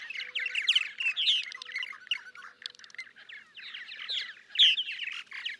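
Purple martin song, a dense run of liquid gurgles and chortles, nearly continuous.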